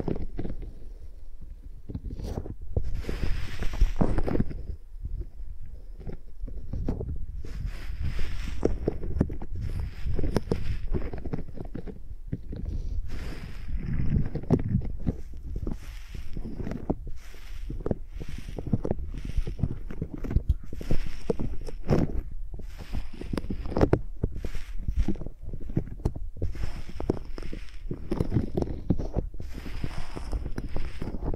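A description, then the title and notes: Microphones are rubbed and scratched like pencils, with no talking. A dense, low rumbling scrape runs throughout, broken by frequent sharp, bright strokes and taps roughly every second or so. The strokes come at an uneven pace, and the level stays fairly steady. ASMR Using Mics as Pencils (No Talking).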